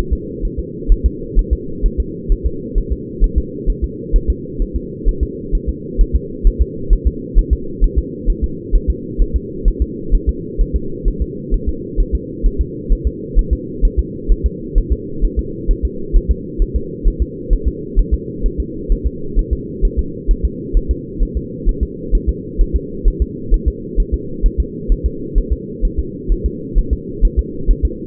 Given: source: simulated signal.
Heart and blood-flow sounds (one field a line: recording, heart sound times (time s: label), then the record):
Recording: fetal heart sounds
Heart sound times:
0.13 s: S2
0.45 s: S1
0.59 s: S2
0.92 s: S1
1.06 s: S2
1.39 s: S1
1.53 s: S2
1.86 s: S1
2.00 s: S2
2.32 s: S1
2.46 s: S2
2.78 s: S1
2.92 s: S2
3.24 s: S1
3.38 s: S2
3.70 s: S1
3.84 s: S2
4.16 s: S1
4.30 s: S2
4.62 s: S1
4.76 s: S2
5.08 s: S1
5.23 s: S2
5.55 s: S1
5.69 s: S2
6.01 s: S1
6.16 s: S2
6.47 s: S1
6.62 s: S2
6.93 s: S1
7.07 s: S2
7.39 s: S1
7.53 s: S2
7.84 s: S1
7.98 s: S2
8.30 s: S1
8.44 s: S2
8.75 s: S1
8.90 s: S2
9.21 s: S1
9.36 s: S2
9.68 s: S1
9.82 s: S2
10.15 s: S1
10.29 s: S2
10.61 s: S1
10.76 s: S2
11.08 s: S1
11.22 s: S2
11.54 s: S1
11.69 s: S2
12.00 s: S1
12.15 s: S2
12.46 s: S1
12.61 s: S2
12.92 s: S1
13.07 s: S2
13.39 s: S1
13.53 s: S2
13.85 s: S1
13.99 s: S2
14.32 s: S1
14.46 s: S2
14.78 s: S1
14.92 s: S2
15.24 s: S1
15.39 s: S2
15.71 s: S1
15.85 s: S2
16.16 s: S1
16.31 s: S2
16.62 s: S1
16.76 s: S2
17.08 s: S1
17.22 s: S2
17.53 s: S1
17.68 s: S2
17.99 s: S1
18.14 s: S2
18.46 s: S1
18.60 s: S2
18.92 s: S1
19.07 s: S2
19.39 s: S1
19.53 s: S2
19.85 s: S1
19.99 s: S2
20.31 s: S1
20.45 s: S2
20.77 s: S1
20.91 s: S2
21.23 s: S1
21.37 s: S2
21.69 s: S1
21.83 s: S2
22.15 s: S1
22.29 s: S2
22.61 s: S1
22.76 s: S2
23.08 s: S1
23.22 s: S2
23.54 s: S1
23.68 s: S2
24.00 s: S1
24.14 s: S2
24.46 s: S1
24.60 s: S2
24.92 s: S1
25.06 s: S2
25.38 s: S1
25.53 s: S2
25.85 s: S1
25.99 s: S2
26.32 s: S1
26.46 s: S2
26.79 s: S1
26.93 s: S2
27.25 s: S1
27.39 s: S2
27.70 s: S1
27.85 s: S2
From the record:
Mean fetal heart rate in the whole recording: 130 bpm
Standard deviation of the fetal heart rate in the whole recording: 2 bpm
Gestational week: 38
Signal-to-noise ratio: -4.3 dB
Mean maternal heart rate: 72 bpm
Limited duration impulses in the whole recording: absent